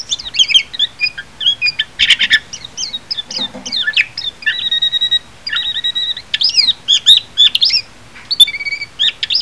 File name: mejiro -titi